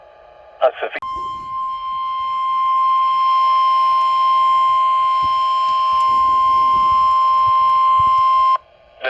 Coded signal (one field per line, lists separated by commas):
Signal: Emergency Alert System (SAME) tones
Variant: 1050 Hz attention tone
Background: speech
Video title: EAS Alerts as of 3/30/2024 (EAS #150 - 159)